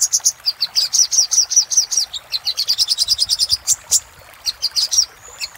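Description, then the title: Little spiderhunter song, a rapid series of high bright chip notes with small gaps, ending in scattered chips and a short whistle. Used for training cage birds. "Masteran Burung Sogok Ontong Labaik"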